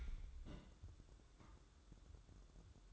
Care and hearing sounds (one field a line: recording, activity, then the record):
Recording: daily activity, microphone in the room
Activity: place on stove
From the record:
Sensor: 3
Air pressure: 1008.0 hPa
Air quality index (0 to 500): 123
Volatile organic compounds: 2 ppm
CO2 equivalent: 1021 ppm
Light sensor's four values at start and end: 8/20/8/8 and 8/20/8/8